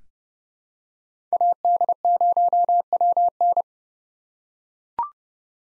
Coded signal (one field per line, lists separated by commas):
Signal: Morse code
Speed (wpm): 30 wpm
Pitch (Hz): 700 Hz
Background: none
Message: AD0WN